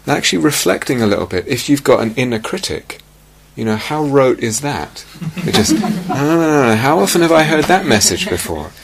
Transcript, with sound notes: Actually, reflecting a little bit, if you've got an inner critic: how rote is that? [laughter] How often have I heard that message before?